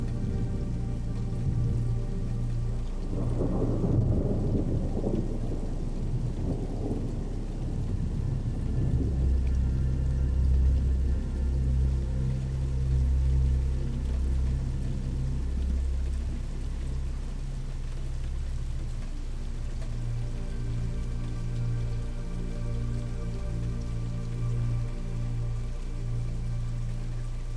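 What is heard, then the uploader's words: Steady rain falls throughout, a dense, even hiss with a low, heavy undertone. Between about 3 and 16 seconds a deep rumble of thunder rolls through, swelling and fading without a sharp crack, then the rain continues alone at a constant level. Rain and Thunder Sounds.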